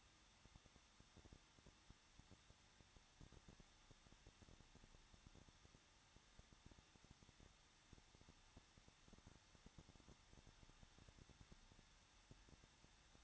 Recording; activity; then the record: daily activity, microphone in the room; no activity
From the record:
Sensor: 3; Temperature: 21.2 degrees Celsius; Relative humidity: 36.3%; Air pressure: 1006.3 hPa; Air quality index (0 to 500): 223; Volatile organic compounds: 42 ppm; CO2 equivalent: 3179 ppm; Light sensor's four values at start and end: 2/3/2/2 and 2/3/2/2